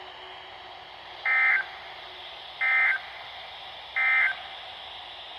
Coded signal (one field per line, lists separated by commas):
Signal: Emergency Alert System (SAME) tones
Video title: Severe Thunderstorm Warnings + 70 mph Wind gusts in Rockford, IL 6/24/23-6/25/23 (EAS 164-180)